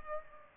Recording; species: mosquito wingbeat signal from an infrared sensor; Culex pipiens